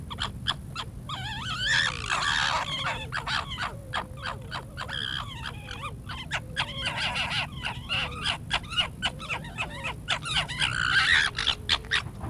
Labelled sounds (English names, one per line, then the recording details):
Corsac Fox
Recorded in captivity
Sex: group
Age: subadult
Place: Tierpark Berlin, Berlin, DE
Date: 1962-09-03 19:30
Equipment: Minifon, Kopie Smaragd
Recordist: Tembrock, Günter